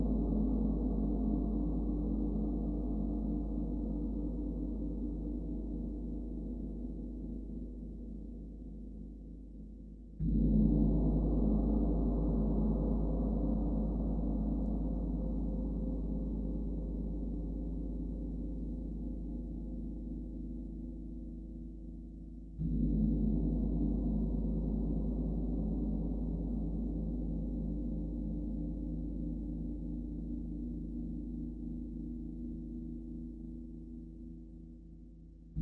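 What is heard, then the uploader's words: A gong bath: a large gong is struck three times, at the start, near ten seconds and again around twenty-three seconds. Each stroke blooms into a deep, shimmering drone with a faint high ring above it, slowly fading until the next strike renews it. Gong bath for yoga meditation.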